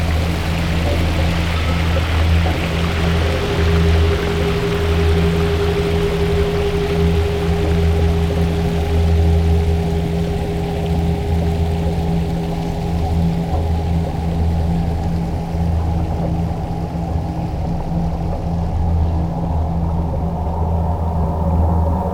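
Resonant ground and structure sounds: a steady, heavy low hum with a few fixed droning tones, under a rough, rushing texture that stays even throughout. A thin, higher ringing tone enters near three seconds and fades out around sixteen.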